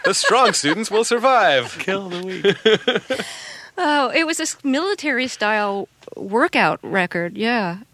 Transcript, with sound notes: The strong students will survive.
(LAUGHTER)
Kill the weak.
It was this military-style workout record, yeah.